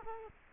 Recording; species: mosquito wingbeat signal from an infrared sensor; Culex quinquefasciatus